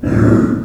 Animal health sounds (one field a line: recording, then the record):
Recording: squeal of a Yucatan mini pig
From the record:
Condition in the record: after surgery on the right vocal fold (resection and tissue-engineered implant)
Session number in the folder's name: 7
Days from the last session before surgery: 47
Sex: female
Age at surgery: 19 weeks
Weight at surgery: 25 kg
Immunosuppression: prednisolone